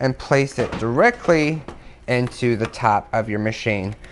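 The plastic upright handle of a Kenmore Intuition bagged upright vacuum is being handled and placed into the top socket of the vacuum body while someone talks. The handle has not snapped into the body yet, and nothing has seated or clicked yet.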